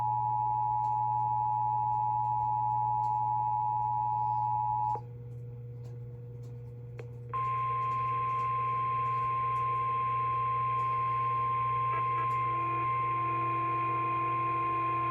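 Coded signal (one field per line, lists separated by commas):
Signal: Emergency Alert System (SAME) tones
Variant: 853 and 960 Hz attention tone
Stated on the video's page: Required Weekly Test from the Wakefield weather office.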